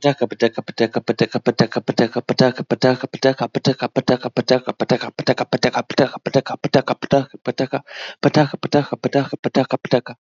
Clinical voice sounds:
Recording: repeated syllables /pa ta ka/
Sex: male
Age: 30 to 39 years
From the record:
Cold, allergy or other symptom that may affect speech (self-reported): no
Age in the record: 31 years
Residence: Wisconsin, United States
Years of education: 15

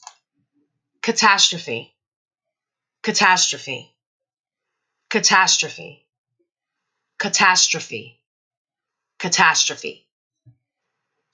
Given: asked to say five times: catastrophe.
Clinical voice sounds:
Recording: repeated word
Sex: female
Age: 40 to 49 years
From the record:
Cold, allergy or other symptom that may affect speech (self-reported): no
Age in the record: 42 years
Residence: New York, United States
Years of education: 24

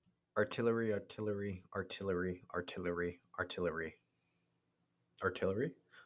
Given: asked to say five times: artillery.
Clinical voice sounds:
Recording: repeated word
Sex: male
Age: 20 to 29 years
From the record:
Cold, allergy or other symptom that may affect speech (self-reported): no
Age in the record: 24 years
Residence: North Carolina, United States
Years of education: 17

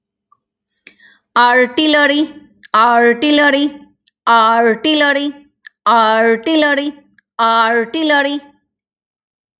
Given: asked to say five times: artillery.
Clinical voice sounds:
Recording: repeated word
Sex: female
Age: 50 to 59 years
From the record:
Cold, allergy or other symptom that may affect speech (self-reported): no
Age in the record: 54 years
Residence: Virginia, United States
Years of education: 17

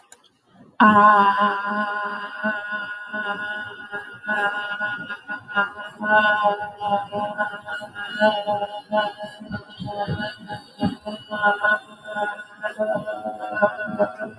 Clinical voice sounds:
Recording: vowel held as long as possible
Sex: female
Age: 30 to 39 years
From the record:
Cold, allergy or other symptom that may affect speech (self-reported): no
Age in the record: 39 years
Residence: Montana, United States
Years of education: 16

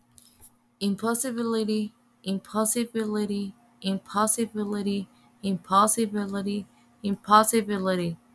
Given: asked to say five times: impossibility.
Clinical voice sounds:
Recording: repeated word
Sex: male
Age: 40 to 49 years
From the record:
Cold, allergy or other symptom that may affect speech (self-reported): no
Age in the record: 44 years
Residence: California, United States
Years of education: 20

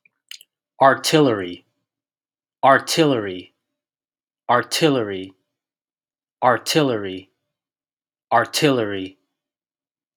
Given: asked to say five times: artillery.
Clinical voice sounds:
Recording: repeated word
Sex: male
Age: 20 to 29 years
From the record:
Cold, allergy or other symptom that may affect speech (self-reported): no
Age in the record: 28 years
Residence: California, United States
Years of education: 16

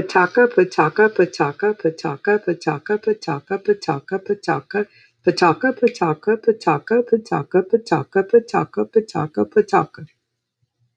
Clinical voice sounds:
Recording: repeated syllables /pa ta ka/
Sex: female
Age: 60 to 69 years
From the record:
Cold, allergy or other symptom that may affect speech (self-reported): no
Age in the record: 68 years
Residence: Georgia, United States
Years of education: 16

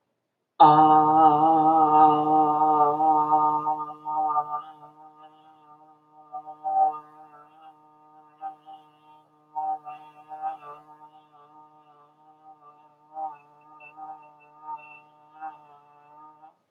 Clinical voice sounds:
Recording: vowel held as long as possible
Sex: female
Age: 50 to 59 years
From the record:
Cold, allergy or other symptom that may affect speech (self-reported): no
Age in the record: 59 years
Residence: Florida, United States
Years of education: 16

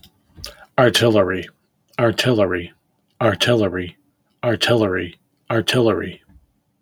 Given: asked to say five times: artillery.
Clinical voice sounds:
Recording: repeated word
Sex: male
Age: 30 to 39 years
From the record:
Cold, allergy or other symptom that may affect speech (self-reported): no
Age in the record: 37 years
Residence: Illinois, United States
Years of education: 16

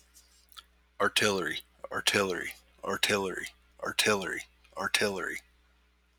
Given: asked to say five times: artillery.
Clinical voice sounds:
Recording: repeated word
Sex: male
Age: 30 to 39 years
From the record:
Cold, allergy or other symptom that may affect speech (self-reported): no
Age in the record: 35 years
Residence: Alabama, United States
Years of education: 12

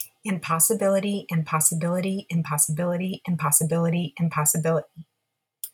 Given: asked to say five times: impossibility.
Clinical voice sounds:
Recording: repeated word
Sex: female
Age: 30 to 39 years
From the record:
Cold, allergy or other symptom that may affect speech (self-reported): no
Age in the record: 38 years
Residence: Florida, United States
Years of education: 18

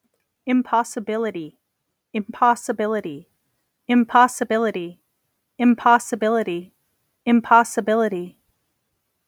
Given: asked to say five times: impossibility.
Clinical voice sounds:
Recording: repeated word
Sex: female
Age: 30 to 39 years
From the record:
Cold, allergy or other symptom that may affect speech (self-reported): no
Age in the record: 34 years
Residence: Nevada, United States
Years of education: 16

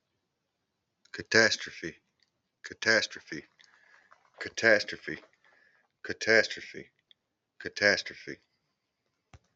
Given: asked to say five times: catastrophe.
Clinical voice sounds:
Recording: repeated word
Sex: male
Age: 40 to 49 years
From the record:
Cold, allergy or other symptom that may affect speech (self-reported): no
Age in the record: 49 years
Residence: Georgia, United States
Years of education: 12

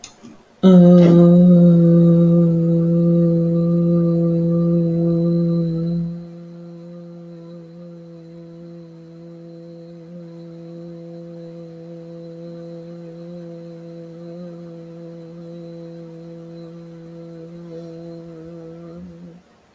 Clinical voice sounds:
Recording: vowel held as long as possible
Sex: female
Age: 50 to 59 years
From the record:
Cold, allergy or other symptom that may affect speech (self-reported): no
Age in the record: 51 years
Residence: Oklahoma, United States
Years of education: 15

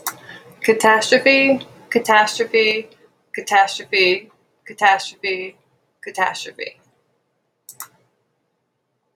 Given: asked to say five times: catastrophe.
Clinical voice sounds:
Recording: repeated word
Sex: female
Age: 30 to 39 years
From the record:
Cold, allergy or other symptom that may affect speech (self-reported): no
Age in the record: 33 years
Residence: Pennsylvania, United States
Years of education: 16

